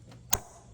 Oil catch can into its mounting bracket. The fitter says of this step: An easy snap in place.